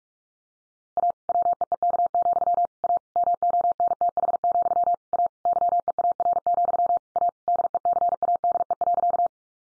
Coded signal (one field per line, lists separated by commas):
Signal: Morse code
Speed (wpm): 44 wpm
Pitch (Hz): 700 Hz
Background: none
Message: A WEEK, A MONTH, A YEAR, A DECADE.